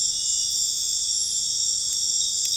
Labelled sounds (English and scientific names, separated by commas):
none